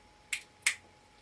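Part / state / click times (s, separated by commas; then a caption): lead weight into fishing feeder frame / seated / 0.7 s. A lead weight is pressed into the frame of a homemade carp fishing feeder after a loop of fishing line is passed to the other side. Two short, sharp clicks sound at 0.3 s and 0.7 s. The louder one at 0.7 s is the weight snapping and seating in place, ready to be crimped.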